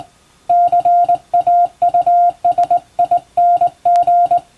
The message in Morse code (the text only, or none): CAUSING